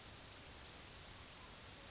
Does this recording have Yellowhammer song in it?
no